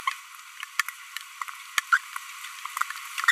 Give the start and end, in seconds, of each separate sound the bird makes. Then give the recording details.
1.92-1.97. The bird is a female. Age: 25 days. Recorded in a nest box in Venezuela. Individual 17B42B1